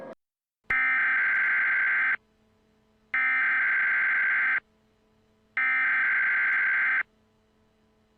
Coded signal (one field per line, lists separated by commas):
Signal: Emergency Alert System (SAME) tones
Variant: header bursts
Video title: EAS Scenario: Voldemort visits the U S